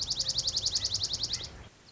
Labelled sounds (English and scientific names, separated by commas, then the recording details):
Dark-eyed Junco (Junco hyemalis)
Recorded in Sonoma County, California